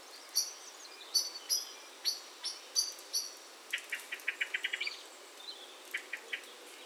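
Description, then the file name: Common blackbird calls: thin high squeaks at first, then a rapid run of hard clicking chink notes, fading into a few spaced clicks. "Turdus merula"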